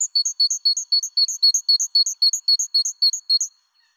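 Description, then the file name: Great tit song: a fast, even run of about fifteen see-sawing two-note phrases over three and a half seconds, then quiet. "Mesange charbonniere"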